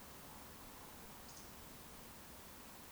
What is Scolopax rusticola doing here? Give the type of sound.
whistle, croak